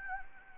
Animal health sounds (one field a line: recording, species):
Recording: mosquito wingbeat signal from an infrared sensor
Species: Anopheles gambiae